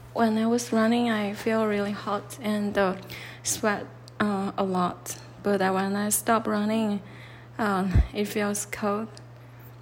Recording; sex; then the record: free speech after running; female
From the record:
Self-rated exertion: light exertion (2 of 6); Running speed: 5 miles an hour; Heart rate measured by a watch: 95 beats a minute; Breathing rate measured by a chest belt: 17 breaths a minute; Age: 30 years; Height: 160 cm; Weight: 51 kg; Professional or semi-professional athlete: no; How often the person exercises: 3 to 5 times a week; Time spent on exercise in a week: over 5 hours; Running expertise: no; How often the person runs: 3 to 5 times a week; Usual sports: running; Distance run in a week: 60 km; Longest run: 42 km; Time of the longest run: 267 minutes